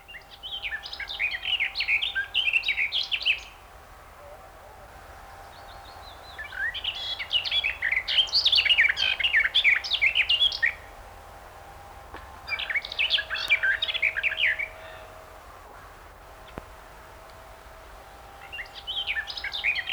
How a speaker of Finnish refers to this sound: Laulusta voi tuskin erehtyä. Se on useita minuutteja kestävää lavertelua. Lehtokerttu laulaa vielä myöhään kesällä toisten lintujen jo hiljennyttyä.